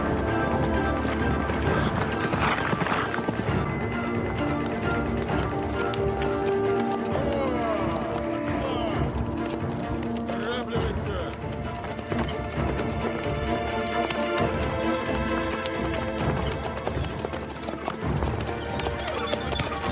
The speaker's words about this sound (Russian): на лошади продолжает путь.